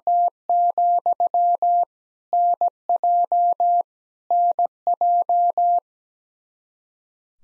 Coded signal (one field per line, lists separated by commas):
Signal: Morse code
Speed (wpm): 17 wpm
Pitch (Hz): 700 Hz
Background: none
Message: T, NJ NJ